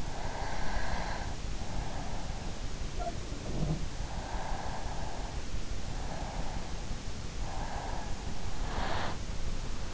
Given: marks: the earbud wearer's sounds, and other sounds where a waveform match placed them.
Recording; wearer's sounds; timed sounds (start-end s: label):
sounds in sleep by an in-ear microphone; breath
0.00-1.93 s: breath
3.08-4.85 s: breath
7.42-9.42 s: breath